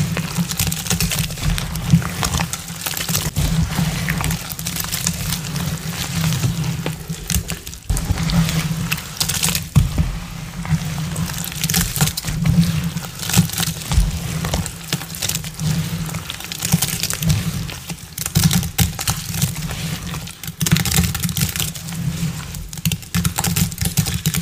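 Paste is mixed and scooped, a busy run of wet scraping and clicking taps that barely pauses for the full length. A steady low hum runs underneath, and sharper knocks stand out now and then, near eight and twenty-one seconds.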